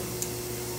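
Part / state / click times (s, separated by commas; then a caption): toothed spring-loaded joint of a spinal navigation reference array / seated / 0.2 s. The toothed, spring-loaded rotating joint of a spinal navigation reference array, perched out of alignment, gets a tiny touch, and its teeth drop and click into place at 0.2 s over a steady background hum. The joint seats, which shifts the navigation image.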